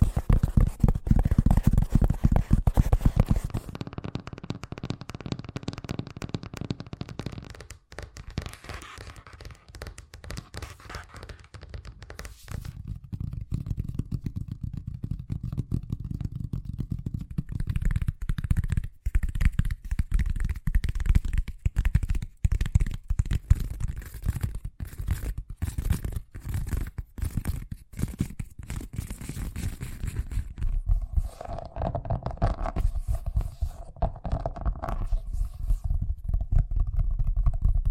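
Fast tapping runs throughout as a dense stream of quick, dull hits, mostly low and thumpy with some brighter edges. It starts loud for the first few seconds, drops quieter, then gradually builds back, with a hollower, more resonant tone toward the end.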